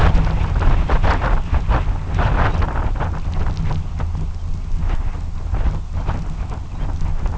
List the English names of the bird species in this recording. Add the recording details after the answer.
American Golden-plover. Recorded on Arctic tundra, site UTQI-2, on 12 June 2019. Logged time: 04:00